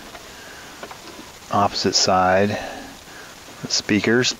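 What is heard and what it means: A speaker harness connector for the opposite-side speakers is handled near an aftermarket car radio in a 1993 VW Cabriolet while someone talks over a low, steady background hiss. Nothing has seated or clicked yet.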